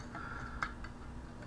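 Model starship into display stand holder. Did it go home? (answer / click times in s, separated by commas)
yes / 0.6 s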